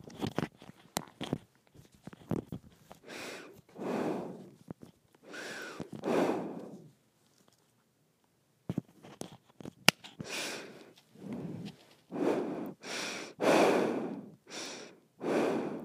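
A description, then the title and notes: Nose breathing in airy, hissing bursts of about a second each, uneven in spacing, with a silent gap midway and a few small clicks. ASMR Nose Breathing.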